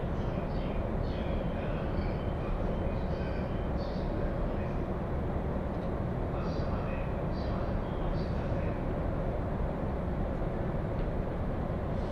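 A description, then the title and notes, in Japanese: A Joban Line local train runs from Ishioka toward Tsuchiura and Toride, its steady, dense low rumble holding at an even level throughout. A faint steady hum sits above it, and soft snatches of voices come and go in the first nine seconds. 耳で楽しむ鉄道旅 常磐線普通 石岡→土浦→取手。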